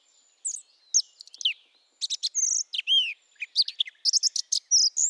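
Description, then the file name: Eurasian blackcap song: varied, quick warbled phrases of high, twisting whistles and chirps, some sweeping down, in bursts over five seconds with no other sounds. "Sylvia atricapilla"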